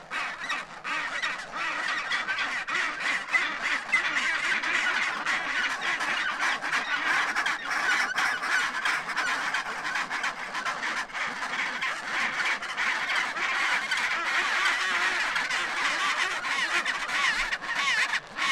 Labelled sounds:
Chinstrap Penguin (Pygoscelis antarcticus) call

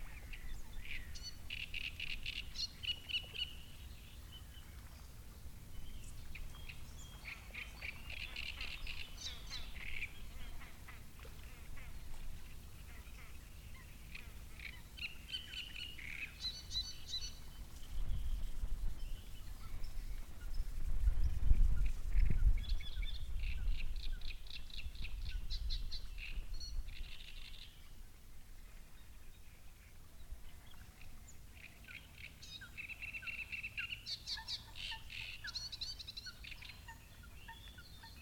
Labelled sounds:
Great Reed Warbler (Acrocephalus arundinaceus)

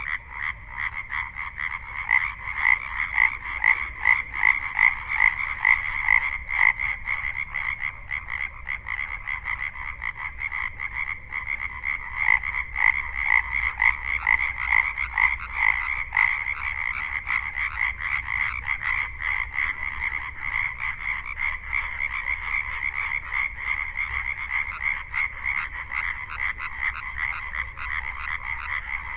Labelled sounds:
Common Tree Frog (Hyla arborea) call

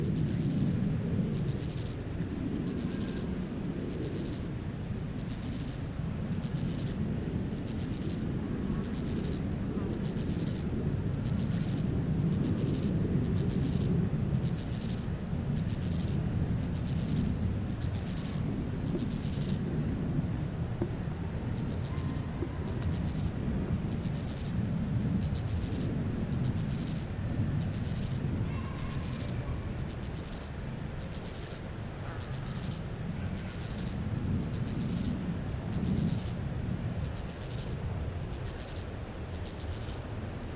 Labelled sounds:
Steppe Grasshopper (Chorthippus dorsatus) stridulation

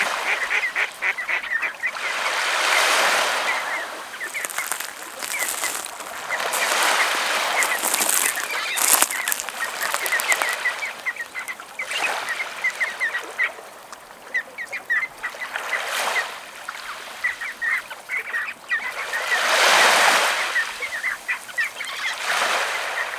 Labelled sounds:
Red Knot (Calidris canutus) call

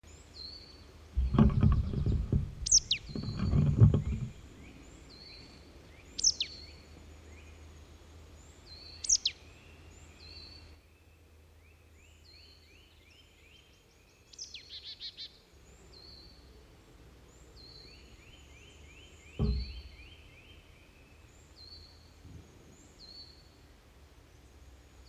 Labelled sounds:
Marsh Tit (Poecile palustris) call

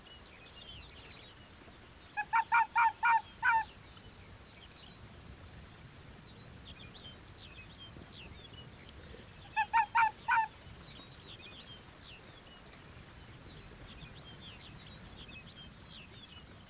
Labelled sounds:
Arctic Fox (Vulpes lagopus)

